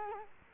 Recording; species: mosquito wingbeat signal from an infrared sensor; Culex quinquefasciatus